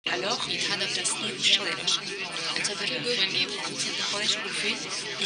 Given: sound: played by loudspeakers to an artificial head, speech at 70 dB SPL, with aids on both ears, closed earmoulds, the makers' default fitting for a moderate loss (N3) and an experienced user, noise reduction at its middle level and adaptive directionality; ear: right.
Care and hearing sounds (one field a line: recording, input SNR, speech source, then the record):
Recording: speech test signal (ISTS) in cocktail-party noise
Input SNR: -3 dB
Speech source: in front (0 degrees)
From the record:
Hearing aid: class 2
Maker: A